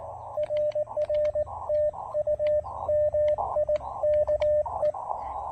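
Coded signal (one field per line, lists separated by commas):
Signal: Morse code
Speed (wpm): 18 wpm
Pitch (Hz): 590 Hz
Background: radio noise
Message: RR TU MIKE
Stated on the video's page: Park activation with QRP using the tiny Elecraft AX1 antenna.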